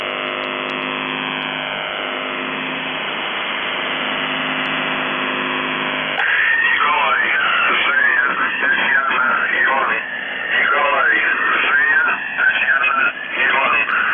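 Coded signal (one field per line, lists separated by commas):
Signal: numbers station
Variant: UVB-76, Russian voice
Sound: a continuous low droning buzz, then a voice reading a message over radio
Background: radio static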